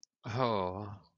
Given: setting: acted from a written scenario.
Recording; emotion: vocal sound without words; romantic love